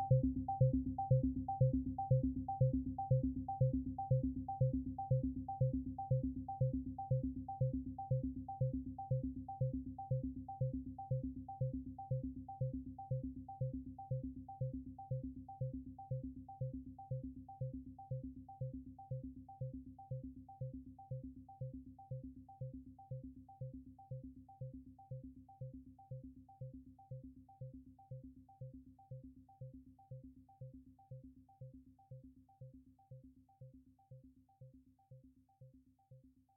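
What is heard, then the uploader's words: Shifting harmonies built from a low, steady tone pulsed in rapid, even beats, with a few higher overtones clicking along in the same rhythm. The pattern repeats unchanged for the whole length while the volume slowly fades from moderate to very quiet. Shifting harmonies through simple ratios.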